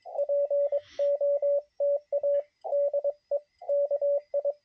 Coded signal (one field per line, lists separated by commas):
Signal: Morse code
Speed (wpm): 22 wpm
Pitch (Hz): 560 Hz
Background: radio noise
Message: POTA DE KI